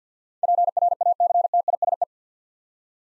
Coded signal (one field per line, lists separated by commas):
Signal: Morse code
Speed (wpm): 47 wpm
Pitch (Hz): 700 Hz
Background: none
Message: PRACTISE